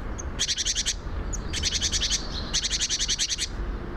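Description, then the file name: Great tit call: three dry, rattling bursts of several fast notes each, about a second apart, against a low rumbling background. "Parus major"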